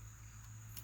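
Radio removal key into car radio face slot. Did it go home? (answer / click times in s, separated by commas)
no / none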